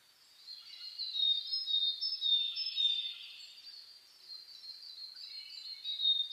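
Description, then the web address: Several birds sing at once, high warbling phrases and thin whistles building after the first second and rising again near the end. Dawn chorus (reimei) of birdsong (saezuri), recorded 10 May 2010 at 04:01. "reimei DH-D 50-saezuri-20100510-0401"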